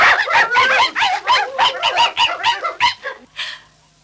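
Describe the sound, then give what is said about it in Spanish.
Soot-blackened Dalmatian puppies bark and yip in a rapid, overlapping string of high-pitched bursts, roughly a dozen in quick succession, before trailing off into a brief breathy rustle. From a 1961 Disney 101 Dalmatians story record. “¿Y estos perros prietos qué hacen aquí?”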